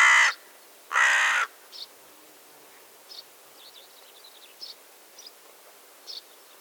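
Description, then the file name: Carrion crow giving two loud, rasping caws at the start, then several faint, short high chirps scattered through the quieter remainder. "Corvus corone"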